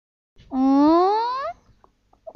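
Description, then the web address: Crested ibis giving a single rising call lasting about a second, followed by a few faint clicks. "koe toki"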